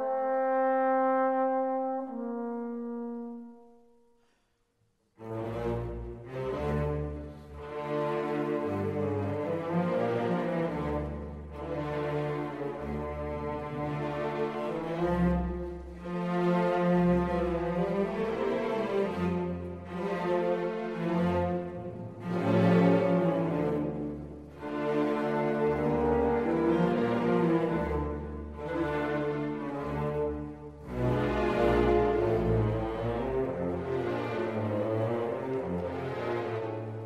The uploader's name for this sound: Warm Instrumental & Cozy Coffee Shop Ambience